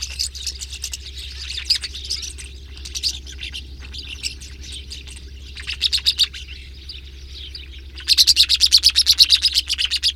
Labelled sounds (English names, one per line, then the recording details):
Rosy Starling song
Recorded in the wild
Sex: male
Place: Kavarna, Varna, BG
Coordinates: 42.825, 28.181
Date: 1974-06-06
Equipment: Nagra III BH, Sennheiser MD 21, parabola
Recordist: Schubert, Michael